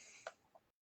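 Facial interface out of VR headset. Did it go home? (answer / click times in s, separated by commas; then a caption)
released / 0.3 s. A plastic facial interface is pulled off a VR headset and released. A short, sharp pop sounds at 0.3 s, followed by a softer tick near 0.6 s, over a faint steady hiss that cuts off at about 0.7 s.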